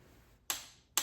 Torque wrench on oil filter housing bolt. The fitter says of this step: When I can get a click on each one of these without it spinning, then I feel pretty confident I have it down properly.